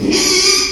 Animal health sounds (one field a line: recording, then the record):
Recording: squeal of a Yucatan mini pig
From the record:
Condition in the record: after surgery on the right vocal fold (resection and tissue-engineered implant)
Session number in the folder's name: 2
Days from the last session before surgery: 13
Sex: male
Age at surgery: 12 weeks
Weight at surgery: 13 kg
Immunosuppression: cyclosporine, prednisolone